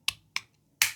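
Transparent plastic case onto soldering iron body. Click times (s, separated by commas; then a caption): 0.1 s, 0.4 s, 0.8 s. Transparent plastic case halves are snapped onto a soldering iron body, giving three sharp snaps at 0.1 s, 0.4 s and 0.8 s, the last one the loudest. The back of the case snaps on perfectly, but a gap remains at the front, so the case is not fully home.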